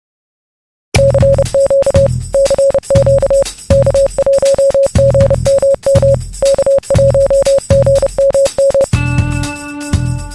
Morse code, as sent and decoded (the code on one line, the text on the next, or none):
-.-. --.- / -.-. --.- / -.- .---- --. -- -- / -.- .---- --. -- --
CQ CQ K1GMM K1GMM